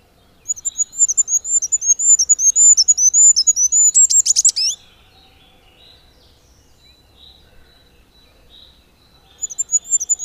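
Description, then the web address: Goldcrest singing a high, thin cycle of rapid repeated notes that ends with a sharp twittering flourish, then silence and a new start. "agykontroll Madardalok Cd 1. Sárgafejű királyka"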